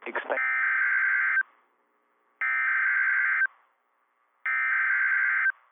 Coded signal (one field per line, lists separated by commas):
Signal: Emergency Alert System (SAME) tones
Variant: header bursts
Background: speech